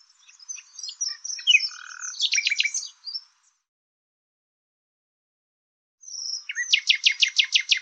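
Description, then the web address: Bird song: a scratchy warbling phrase ending in a rapid rattle, then after a silent pause a thin note leading into a steady dry trill. "cianscape birddata Deverinetal 2025 Bird Lu Me Lu Me"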